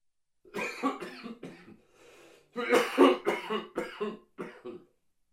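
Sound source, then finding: Man. Cough.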